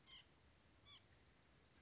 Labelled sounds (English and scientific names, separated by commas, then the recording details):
White-breasted Nuthatch (Sitta carolinensis)
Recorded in Sonoma County, California